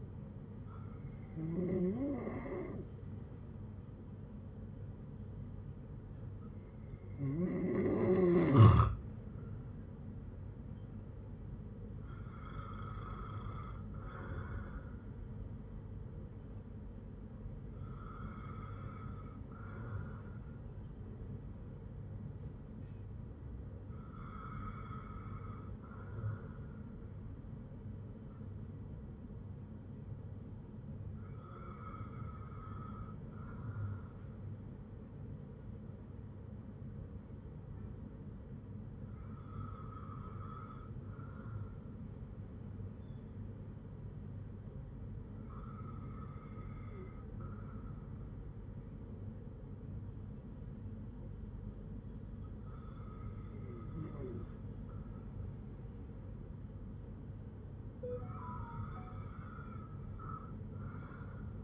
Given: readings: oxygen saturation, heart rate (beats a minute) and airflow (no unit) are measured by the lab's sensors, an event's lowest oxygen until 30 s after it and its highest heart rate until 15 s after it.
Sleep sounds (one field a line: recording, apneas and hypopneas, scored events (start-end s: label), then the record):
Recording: breathing in sleep by a smartphone at the bedside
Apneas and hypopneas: none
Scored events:
none scored
From the record:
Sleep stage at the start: N2 (light sleep)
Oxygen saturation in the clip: 93 to 96%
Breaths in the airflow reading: 10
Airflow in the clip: -6.0 to 6.0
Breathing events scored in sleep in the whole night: 182 in 7.4 hours asleep